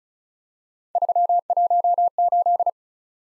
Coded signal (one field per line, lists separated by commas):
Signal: Morse code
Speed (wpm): 36 wpm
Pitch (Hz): 700 Hz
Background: none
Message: 318